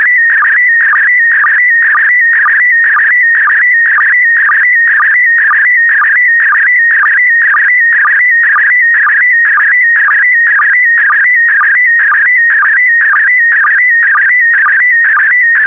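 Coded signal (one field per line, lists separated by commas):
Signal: SSTV (slow-scan television)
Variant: PD120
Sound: warbling, buzzy tone shifting in pitch with regular short low chirps twice a second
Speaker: the next image transmission will start in 10 seconds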